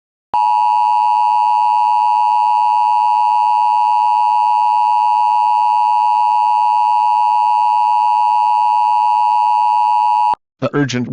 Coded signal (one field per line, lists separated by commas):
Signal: Emergency Alert System (SAME) tones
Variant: 853 and 960 Hz attention tone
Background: speech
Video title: ALLERTA PER CALDO ESTREMO nella regione Toscana - EAS MOCK #1